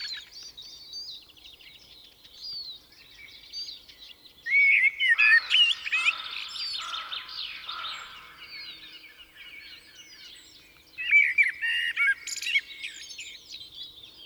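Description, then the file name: Common blackbird singing repeated melodious phrases, mellow low whistles followed by high squeaky flourishes, over a constant twittering of other birds. "Turdus merula"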